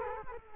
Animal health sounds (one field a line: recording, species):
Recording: mosquito wingbeat signal from an infrared sensor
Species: Culex quinquefasciatus